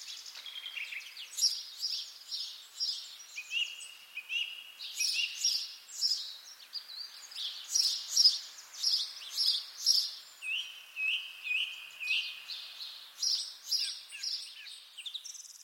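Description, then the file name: Songbird chorus of rapid high twittering and chirping phrases, with short buzzy trills and steady whistled notes, repeated in overlapping bursts throughout. "zvuki peniia ptits"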